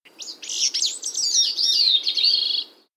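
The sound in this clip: Bicknell's Thrush song: a thin, high phrase of rapid twisting notes, about two and a half seconds long.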